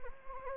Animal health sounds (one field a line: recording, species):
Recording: mosquito wingbeat signal from an infrared sensor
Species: Anopheles gambiae